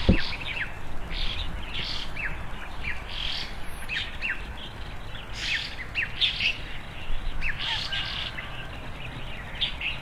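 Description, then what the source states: Birds chirping: many short, bright chirps come in quick irregular bursts throughout, over a steady low rumbling background noise. Birds playing on branches in the early morning, in front of a country house in the countryside, heard through an opened window; a calm, peaceful scene.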